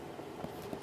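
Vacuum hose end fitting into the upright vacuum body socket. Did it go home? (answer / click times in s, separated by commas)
no / none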